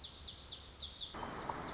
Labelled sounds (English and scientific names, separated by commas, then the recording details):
Lazuli Bunting (Passerina amoena)
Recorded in Sonoma County, California